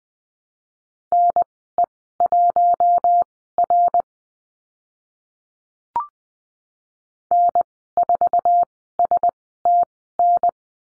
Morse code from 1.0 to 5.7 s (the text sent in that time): NE1R